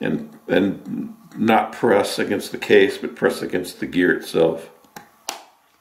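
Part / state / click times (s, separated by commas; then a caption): output gear into blend door actuator case / seated / 5.3 s. Someone talks while pressing the output gear, not the plastic case, into a Nissan Maxima Gen4 blend door actuator case so the resistive element isn't damaged. A sharp snap at 5.3 s marks the gear seating back into place.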